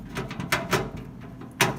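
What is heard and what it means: The last motherboard standoff on the second row is pushed or turned into a metal PC case tray, with a few faint scrapes before two sharp clicks at 0.5 s and 1.6 s. The standoff snaps in and is judged good and seated.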